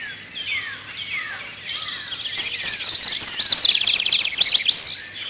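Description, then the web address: Bird calls: a few down-slurred whistles open, followed by rapid high chips and twittering that grows busier and louder. "Peterson North American Birds"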